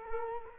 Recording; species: mosquito wingbeat signal from an infrared sensor; Culex quinquefasciatus